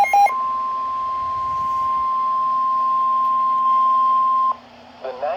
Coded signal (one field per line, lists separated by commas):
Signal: Emergency Alert System (SAME) tones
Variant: 1050 Hz attention tone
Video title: WWG49 Severe Thunderstorm Warning with relay from KTJJ 6/1/26 EAS #648